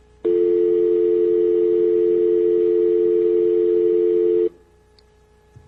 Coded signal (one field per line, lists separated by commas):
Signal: telephone call progress tone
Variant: North America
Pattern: dial tone